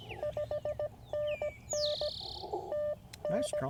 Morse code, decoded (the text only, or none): 5NN TN